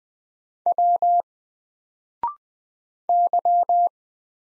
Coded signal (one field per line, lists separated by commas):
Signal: Morse code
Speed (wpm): 20 wpm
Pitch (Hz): 700 Hz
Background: none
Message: W Y